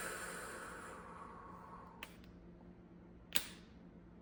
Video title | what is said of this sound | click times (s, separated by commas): CGRP Migraine Injection Experience | So, it pushed it down and you heard the click when it brought it back up. | 3.4 s